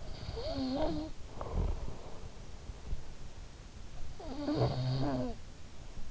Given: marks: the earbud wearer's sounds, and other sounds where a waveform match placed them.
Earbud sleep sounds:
sounds in sleep by an in-ear microphone; snoring breath
0.02-2.47 s: snoring breath
3.67-6.10 s: snoring breath

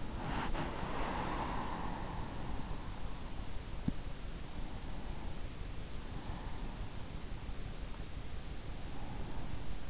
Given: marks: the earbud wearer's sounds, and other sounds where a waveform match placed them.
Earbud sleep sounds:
sounds in sleep by an in-ear microphone; breath
0.00-3.26 s: breath

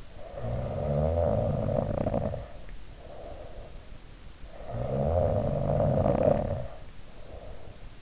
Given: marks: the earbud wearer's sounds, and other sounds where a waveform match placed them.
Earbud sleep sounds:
sounds in sleep by an in-ear microphone; snoring breath
0.00-3.76 s: snoring breath
4.51-7.99 s: snoring breath

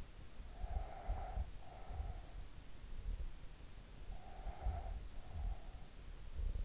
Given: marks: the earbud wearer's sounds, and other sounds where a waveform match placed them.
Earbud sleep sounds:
sounds in sleep by an in-ear microphone; breath
0.25-2.47 s: breath
3.88-6.13 s: breath

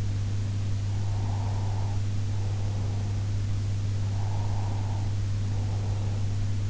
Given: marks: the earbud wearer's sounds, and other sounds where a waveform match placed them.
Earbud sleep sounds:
sounds in sleep by an in-ear microphone; breath
1.05-3.48 s: breath
4.11-6.63 s: breath

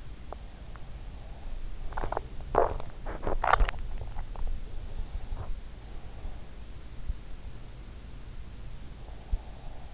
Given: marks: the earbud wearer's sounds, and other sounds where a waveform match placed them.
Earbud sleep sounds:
sounds in sleep by an in-ear microphone; teeth grinding, swallowing
0.00-2.96 s: teeth grinding
2.96-4.33 s: swallowing

